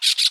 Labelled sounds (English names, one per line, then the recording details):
Brown-throated Parakeet contact call
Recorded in Aruba
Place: hill w/tanki N of Savaneta
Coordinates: 12.461, -69.944